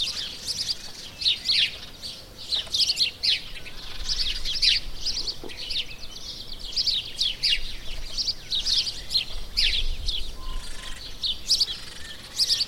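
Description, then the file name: House sparrow chirping, a dense run of short harsh chirps repeated almost without pause, several overlapping, over a soft background hiss. "Passer domesticus"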